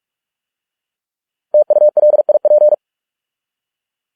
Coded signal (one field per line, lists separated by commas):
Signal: Morse code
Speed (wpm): 46 wpm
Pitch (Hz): 600 Hz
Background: none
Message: TULIP